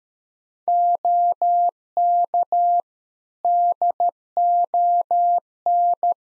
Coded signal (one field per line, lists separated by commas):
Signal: Morse code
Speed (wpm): 13 wpm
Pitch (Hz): 700 Hz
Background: none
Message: OK DON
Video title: Practice QSO - Exchange 3- More Info - 13wpm